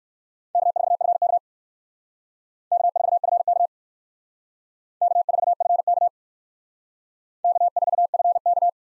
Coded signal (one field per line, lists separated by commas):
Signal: Morse code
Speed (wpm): 55 wpm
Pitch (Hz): 700 Hz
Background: none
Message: K4FK K4FK K4FK K4FK